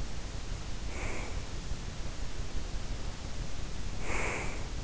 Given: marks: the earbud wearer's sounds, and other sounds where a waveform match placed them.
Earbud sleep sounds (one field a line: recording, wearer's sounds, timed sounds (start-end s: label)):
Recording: sounds in sleep by an in-ear microphone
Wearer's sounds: breath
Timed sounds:
0.58-1.75 s: breath
3.99-4.77 s: breath